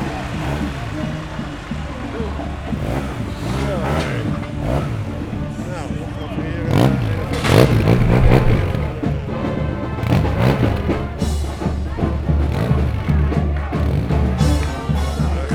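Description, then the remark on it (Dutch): A scooter or motorbike engine drones and revs as it rides straight through a pirate parade crowd, its buzzing motor noise steady and fairly loud beneath constant overlapping voices and chatter. “Idioot met een zo'n scooter, motor, bla bla ding, dwars door de parade.”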